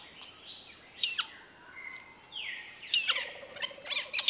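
Metallic starling calls: sharp metallic clicks and short wheezy, slurred notes, a few of them sweeping downward, scattered irregularly.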